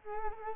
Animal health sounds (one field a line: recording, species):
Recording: mosquito wingbeat signal from an infrared sensor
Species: Culex quinquefasciatus